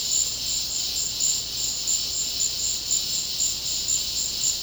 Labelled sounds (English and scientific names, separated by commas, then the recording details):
none
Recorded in secondary vegetation near Puerto Asís, Putumayo, Colombia, on 19 March 2025 at 13:00
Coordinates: 0.484, -76.319
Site G010